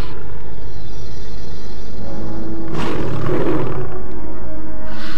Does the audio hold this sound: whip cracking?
no